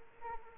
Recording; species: mosquito wingbeat signal from an infrared sensor; Anopheles arabiensis